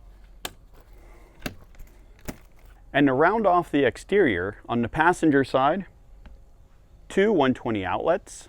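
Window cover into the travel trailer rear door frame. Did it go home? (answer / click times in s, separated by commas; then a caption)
yes / 0.4 s. A window cover is pressed into place on the inside of the rear door of an Airstream Basecamp 16X travel trailer and seats with a sharp snap at 0.4 s. Fainter ticks follow, and then someone talks.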